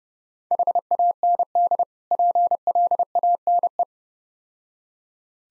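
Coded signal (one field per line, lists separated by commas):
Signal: Morse code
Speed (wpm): 34 wpm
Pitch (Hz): 700 Hz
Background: none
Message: HAND PLANE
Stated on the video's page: Morse practice drill at 30 wpm of difficult words with contextual hints.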